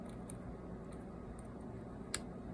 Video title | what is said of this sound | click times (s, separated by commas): Making Coax Cables and Jumpers | That little click, that's the two threads finding each other. | 0.3 s, 2.1 s